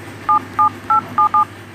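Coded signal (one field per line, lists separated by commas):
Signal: DTMF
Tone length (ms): 120 ms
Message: 77877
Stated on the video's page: Song melody played with DTMF tones on a phone keypad.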